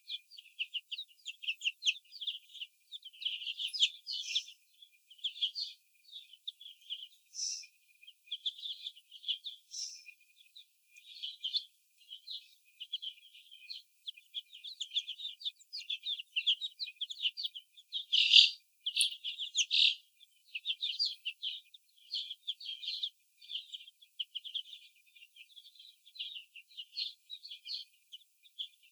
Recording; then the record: young laying hens in a cage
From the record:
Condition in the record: before the stressor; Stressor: sudden umbrella opening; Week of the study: 2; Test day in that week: 1